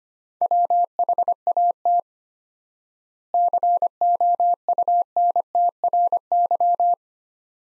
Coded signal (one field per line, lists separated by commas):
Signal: Morse code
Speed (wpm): 25 wpm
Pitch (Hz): 700 Hz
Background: none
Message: WHAT COUNTRY